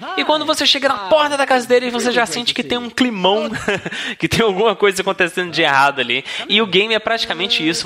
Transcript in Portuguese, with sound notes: E quando você chega na porta da casa deles, você já sente que tem um climão, [risos] que tem alguma coisa acontecendo de errado ali. E o game é praticamente isso: